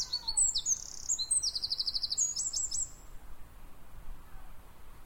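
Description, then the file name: Eurasian wren singing a fast, high-pitched series of trills and rattles for about three seconds, followed by quiet with soft background hiss. "Troglodytes troglodytes"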